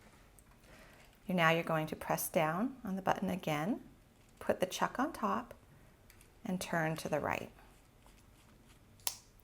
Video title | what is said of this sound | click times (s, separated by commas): How to Use the Pro-Electric Bead Reamer | There you go. Did you hear that? It kind of clicked in place, and that's going to help you secure this better. | 9.1 s